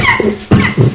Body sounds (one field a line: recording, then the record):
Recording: coughing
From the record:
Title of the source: Mid-morning Winter Coughing Fit